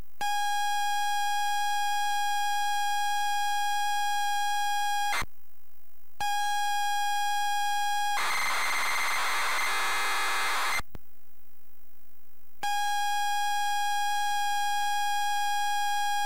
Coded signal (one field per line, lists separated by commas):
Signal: ZX Spectrum tape loading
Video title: Commodore C64 and ZX Spectrum Spell Bound Loading times and quick game play compare